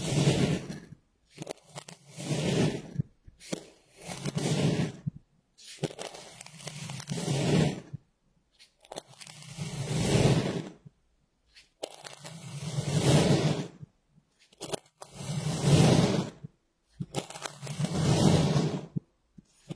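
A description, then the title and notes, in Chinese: Kinetic sand being squeezed and worked, giving a soft, grainy crunching and rustling. The sound comes in separate swells about a second or two long, roughly eight across the clip, each rising and fading, with short silent gaps between them. 动力沙触发，沙沙声。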